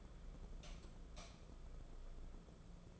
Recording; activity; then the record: daily activity, microphone in the room; light off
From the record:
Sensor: 5